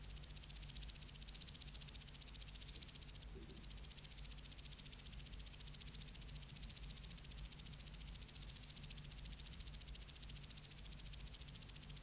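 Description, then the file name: Common green grasshopper song: a faint, high, ticking reel that runs almost the whole time, with one brief break early on, over a low steady rumble. "Omocestus viridulus"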